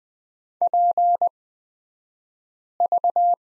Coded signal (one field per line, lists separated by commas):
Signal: Morse code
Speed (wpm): 20 wpm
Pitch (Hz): 700 Hz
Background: none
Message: PV